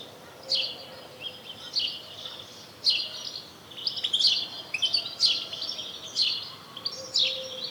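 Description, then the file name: House sparrow calls: a run of chirps about once a second, some doubled into short chattering clusters, over quiet background hum. "Passer domesticus"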